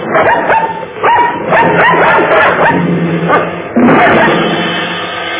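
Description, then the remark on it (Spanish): Several dogs bark in rapid, overlapping bursts, sharp yips mixed with deeper woofs, loud and continuous for a few seconds with a brief whine among them, alerting to intruders who have climbed over a wall. “Los perros han delatado nuestra presencia.”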